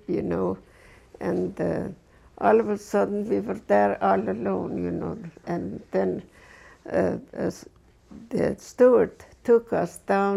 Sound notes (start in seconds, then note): none